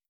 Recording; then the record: hydrophone in a shrimp aquaculture tank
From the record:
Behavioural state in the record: starved